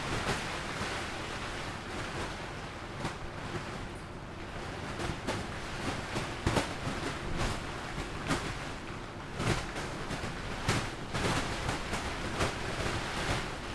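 An autumn storm rages around a tent at night: a steady, dense roar of wind with a deep rumble underneath. Sharp taps and snaps of rain or flapping fabric strike at irregular moments, several bunching together near the middle and end.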